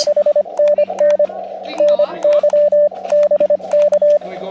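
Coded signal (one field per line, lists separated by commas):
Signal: Morse code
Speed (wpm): 25 wpm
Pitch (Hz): 590 Hz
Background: speech, radio noise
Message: HNN NY BK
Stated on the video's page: Summits on the Air activation from Overlook Mountain using a KX2 and AX1 antenna at low power; good band conditions, steady stream of calls.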